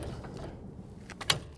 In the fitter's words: wait till you hear the click then you can use the spring arm bar if you need to the lift bar to